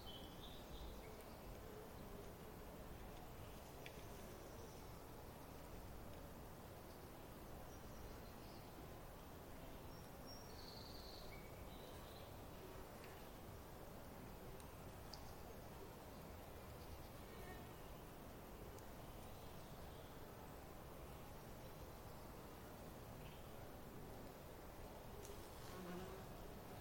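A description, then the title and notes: Midday at a creek campground: a steady, dense rush of low water fills the whole clip at an even level. Faint insect buzzing drifts through, with scattered small bird chirps higher up, and a murmur possibly from people or a vehicle. Midday At Trout Creek Campground. Set up near a still-water riparian area. This being the Cascade Mountains range, there was plenty of distant water wash everywhere, from small rivers and streams to snowmelt runoff. The non-riparian portion of the forest here was filled with typical Cascades’ evergreens such as Douglas Fir, Spruce, and the like.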